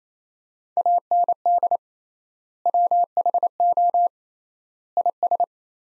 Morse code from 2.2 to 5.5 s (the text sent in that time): WHO IS